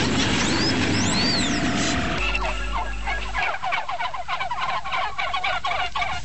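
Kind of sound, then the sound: bird, turkeys gobbling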